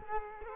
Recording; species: mosquito wingbeat signal from an infrared sensor; Culex quinquefasciatus